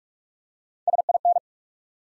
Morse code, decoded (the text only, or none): SIN